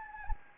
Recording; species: mosquito wingbeat signal from an infrared sensor; Anopheles gambiae